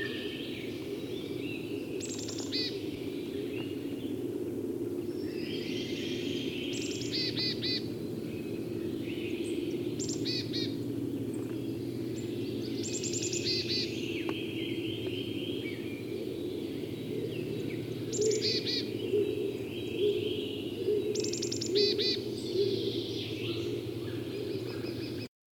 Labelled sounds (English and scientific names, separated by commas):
Black Woodpecker (Dryocopus martius) call